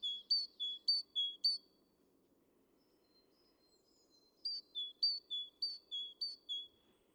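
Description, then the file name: Great tit singing bright, high two-note phrases repeated rapidly in two bursts of several, separated by a pause with a few faint notes. "Parus major"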